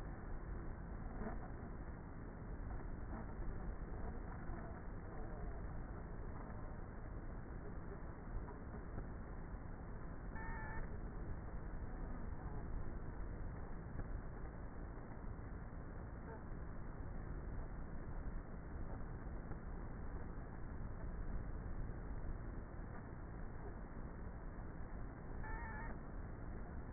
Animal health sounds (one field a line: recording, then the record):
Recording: honeybee colony, microphone inside the hive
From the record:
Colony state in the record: queenless with a low population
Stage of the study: before two queens were removed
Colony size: about 30,000 bees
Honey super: no